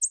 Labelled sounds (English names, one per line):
American Redstart flight call